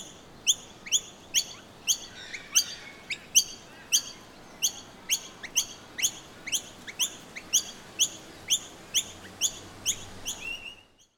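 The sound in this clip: Noisy miner giving sharp, ringing chip notes, repeated rapidly about twice a second in a steady series.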